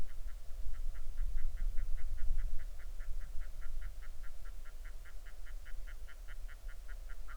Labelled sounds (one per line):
waterfowl